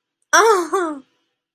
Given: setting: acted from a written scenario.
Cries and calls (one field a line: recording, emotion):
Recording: vocal sound without words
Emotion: adoration